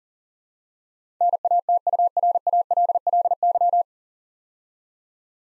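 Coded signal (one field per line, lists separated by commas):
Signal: Morse code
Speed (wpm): 40 wpm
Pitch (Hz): 700 Hz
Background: none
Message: NATURALLY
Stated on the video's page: Morse practice at 40 wpm, building 9-letter words three letters at a time for instant character recognition.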